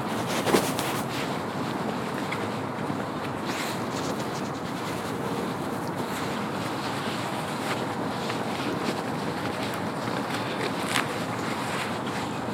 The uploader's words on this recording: Falling Snow on the Shoreline Trail (Sandy Hansen Shoreline Orange Trail, Millennium Park). The quietness of snow while passing a few animals, hikers, and cars along the Sandy Hansen Shoreline Orange Trail.